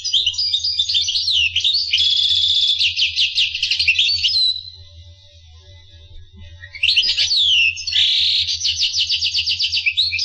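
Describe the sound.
Finch song: two long bursts of fast, trilled and buzzy twittering with sliding notes, broken by a short quiet gap, steady low hum beneath.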